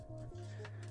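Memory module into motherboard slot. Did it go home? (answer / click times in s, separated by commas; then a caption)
no / none. A memory module is pressed again into a motherboard slot over steady background music, with a brief soft transient around 0.6 s. The second latch has not clicked yet, and the module still needs to be pressed in evenly.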